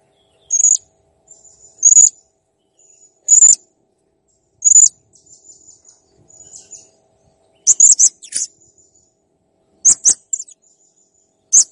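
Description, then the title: Blue-crowned hanging parrot repeating shrill, high-pitched chirps, some doubled, with thin whistles between them. Master recording used for training cage birds, described as clear and chatty (gacor). "Masteran Burung Serindit Ll Masteran Serindit Gacor Jernih"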